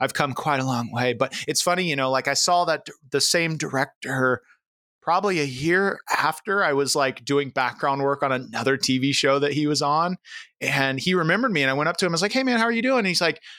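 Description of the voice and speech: An adult man speaks conversationally with a somewhat strained, tight voice, mid-phrase breaks and a few drawn-out sounds. This fits spasmodic dysphonia, a neurological condition affecting his speech in which spasms of the vocal cords interrupt and strain the voice.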